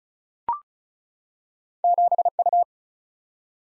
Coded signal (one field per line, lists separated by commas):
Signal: Morse code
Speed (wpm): 36 wpm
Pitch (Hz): 700 Hz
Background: none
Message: 7U